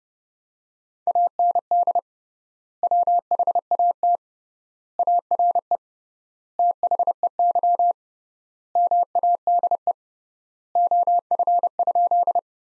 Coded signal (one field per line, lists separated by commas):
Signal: Morse code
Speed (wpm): 30 wpm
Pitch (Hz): 700 Hz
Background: none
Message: AND WHAT ARE THEY MADE OF?